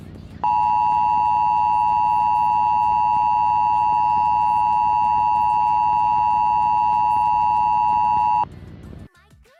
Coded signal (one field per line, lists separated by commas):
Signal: Emergency Alert System (SAME) tones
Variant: 853 and 960 Hz attention tone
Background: music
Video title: EAS scenario | deleted